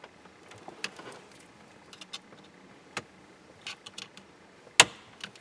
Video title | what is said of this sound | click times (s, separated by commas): GM Turn Signal Switch Replacement | And you hear it snap. | 4.8 s